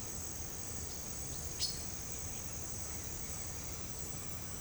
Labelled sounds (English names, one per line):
none